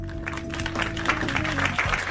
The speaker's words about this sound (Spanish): Así que reitero los aplausos, ya un poco más calmado. Ya no es para tanto.